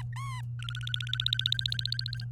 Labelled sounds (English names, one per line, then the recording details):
Domestic Canary song
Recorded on 24 April 2018 at 08:25
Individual llb3